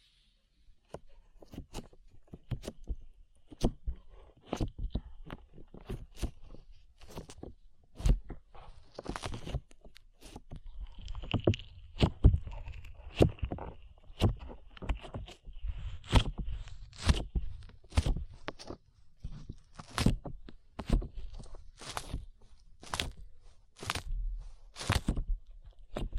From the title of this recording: ASMR SLIME